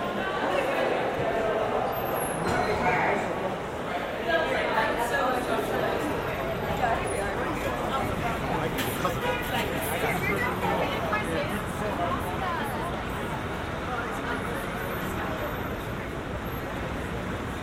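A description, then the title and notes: Walking from Grand Central toward Times Square, a steady wash of overlapping voices and crowd chatter continues throughout, with occasional brief clicks and knocks. A twenty-five minute binaural recording of a walk from Grand Central Terminal to Times Square. A walk from Grand Central to Times Square.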